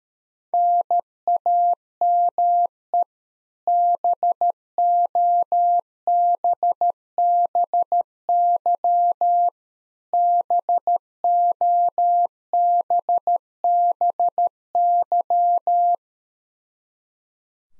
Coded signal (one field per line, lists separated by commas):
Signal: Morse code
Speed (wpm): 13 wpm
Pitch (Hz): 700 Hz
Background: none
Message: NAME BOBBY BOBBY